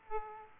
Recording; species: mosquito wingbeat signal from an infrared sensor; Aedes aegypti